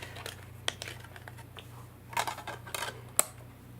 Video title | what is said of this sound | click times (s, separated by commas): Thursday Reviews - Rydohi CD Player (Ep. 70) | you hear that loud click you really gotta press down on it | 3.2 s